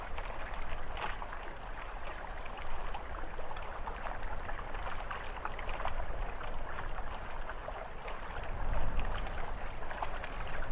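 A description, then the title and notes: Water laps steadily under a soft breeze, the sound a dense, unbroken wash with a low rumble beneath it. Small sharp crackles pop out of the hiss every second or so, and a slightly stronger gust swells near the end. ICY LAGOON AMBIENT. A calming sound of a lapping wave, a gentle breeze, and a soft crackling fire.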